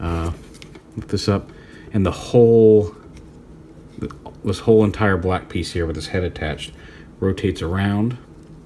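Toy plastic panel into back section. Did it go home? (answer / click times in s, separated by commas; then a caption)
no / none. Someone talks while handling a Unique Toys Ragnaros M-02 Gahz'ranka transforming-robot toy, lifting up an assembly so that the entire black piece with the head attached rotates around. Only faint, quiet plastic handling sounds are heard between the speech. The plastic panel has not yet been tabbed into the back section, so nothing has seated or clicked yet.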